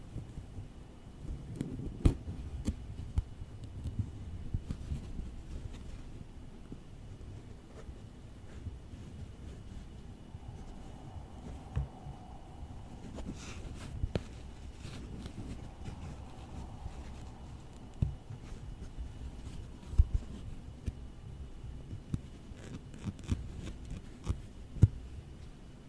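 Tapping and tracing on office objects, with sharp clicks and knocks scattered throughout, thickest near the start and again toward the end. A low rumbling texture sits underneath, and faint soft hums rise briefly around the middle, near 11 and 16 seconds.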